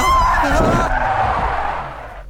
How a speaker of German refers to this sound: Wie kannst du nur so scharf bremsen?